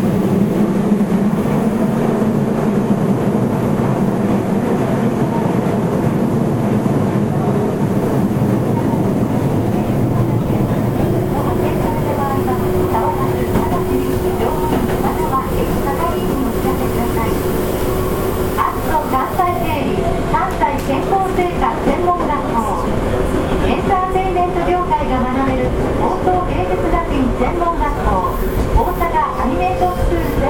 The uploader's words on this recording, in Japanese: 大阪市交通局 堺筋線66系 天下茶屋から天六まで。大阪市営地下鉄 66系電車の走行音です。堺筋線の列車にて収録しました。区間は、天下茶屋から天神橋筋六丁目までです。